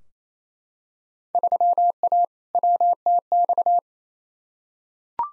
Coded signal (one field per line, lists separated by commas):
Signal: Morse code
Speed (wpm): 28 wpm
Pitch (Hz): 700 Hz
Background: none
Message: 3A WTX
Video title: Field Day Exchange v2 - 28wpm